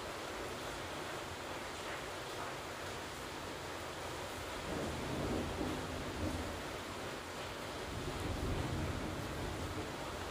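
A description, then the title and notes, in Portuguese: Steady, dense rain hisses evenly across the whole clip, with a low rumbling wash that swells slightly louder around the middle and end. Esse episódio é uma coleção de sons de chuva gravados por mim com o objetivo de propiciar um ambiente relaxante. Sons da chuva.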